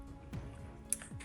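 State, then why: Seated. A small metal miniature LED light is pressed into its mount on the back of a canvas over steady background music. It snaps into place with a sharp, bright click at 0.9 s and is seated.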